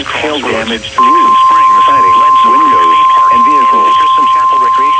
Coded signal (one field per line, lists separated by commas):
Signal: Emergency Alert System (SAME) tones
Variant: 1050 Hz attention tone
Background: speech